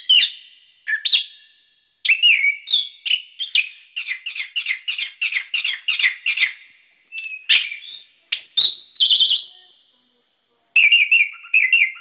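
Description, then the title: Bird song of bright chirps and trilled whistles, a long rapid run of repeated notes, a short pause, then more high chirping phrases. "SuaraBurung Kicau4"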